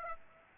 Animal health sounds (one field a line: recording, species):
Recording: mosquito wingbeat signal from an infrared sensor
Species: Aedes aegypti